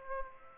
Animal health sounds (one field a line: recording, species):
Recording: mosquito wingbeat signal from an infrared sensor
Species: Aedes aegypti